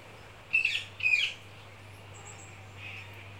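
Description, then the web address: Birds calling: two harsh squawky chirps close together, then faint high notes and a soft call later. Rainforest birds. "Vogels - Regenwoud. KMP Film Video Sound Effects"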